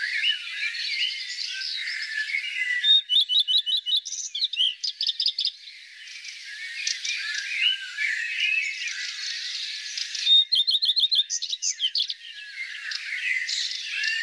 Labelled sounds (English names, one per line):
Common Redstart song